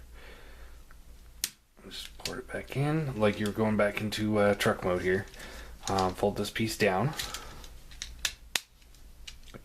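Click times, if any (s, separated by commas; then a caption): 8.6 s. A plastic panel on a transforming robot toy figure is folded down while the figure is returned to truck mode, as someone talks. Several small plastic clicks and taps are heard, then a sharp snap at 8.6 s as the panel locks into place in the figure's body.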